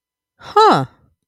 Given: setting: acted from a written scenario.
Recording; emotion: vocal sound without words; interest